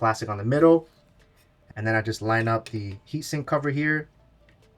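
A metal M.2 heatsink cover is lined up over the middle M.2 slot on a motherboard after the protective plastic is removed from that spot, while someone talks. Nothing has seated or clicked yet; the tool-less latch has not snapped into place by the end.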